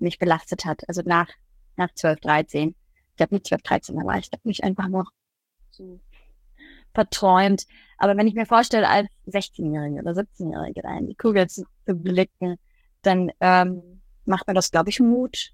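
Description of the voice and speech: Adult woman speaking German, with stuttering and frequent pauses. Her stuttering symptoms only really burdened her from adolescence.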